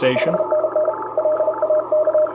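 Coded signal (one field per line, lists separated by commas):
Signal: Morse code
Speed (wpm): 32 wpm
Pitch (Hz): 620 Hz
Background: speech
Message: 5NN LAK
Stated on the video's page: CW operation using band pass and notch filters to eliminate QRM.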